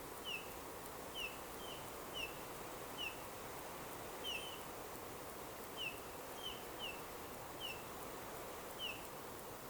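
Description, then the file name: Eurasian bullfinch calls: a long series of soft, short, descending piped whistles, sometimes paired, over a steady hiss. "Pyrrhula pyrrhula"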